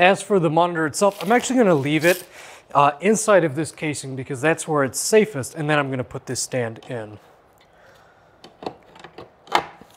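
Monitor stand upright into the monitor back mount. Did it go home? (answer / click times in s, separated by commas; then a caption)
yes / 9.5 s. Someone talks, then the upright of a monitor stand is pushed into the back mount of a VX2468-PC-mhd or VX3268-PC-mhd curved gaming monitor, which is still sitting in its foam casing. A few small knocks and scrapes start around 8.4 s, building to a loud, sharp click at 9.6 s as the upright locks into place.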